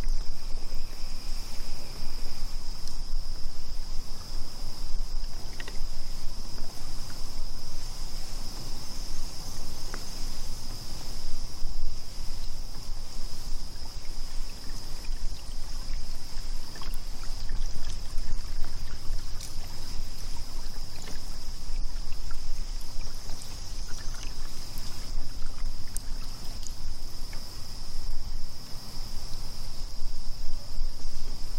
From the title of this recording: Kayak, Bird Chirping, Water Splash, Nature Sounds